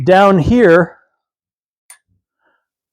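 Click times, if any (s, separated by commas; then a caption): 1.9 s. Someone talks, then the freed-up extension section of a metal closet auger is pushed down until it locks into the auger housing. A single short, sharp click at 1.9 s shows it has seated.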